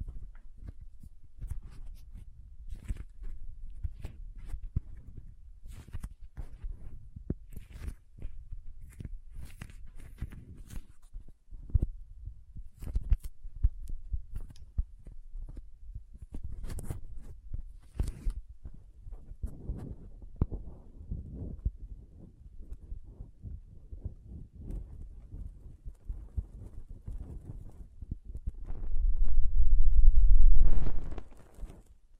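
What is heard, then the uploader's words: Soft, sticky squishing and crinkling sounds with frequent short clicks and taps spread irregularly across the clip, mostly low and quiet. Occasional sharper bright crackles stand out. Near the end, around thirty seconds, a louder low rubbing swell rises briefly before fading. Soft Squishy Sticky, Crinkle, Cutting Sounds.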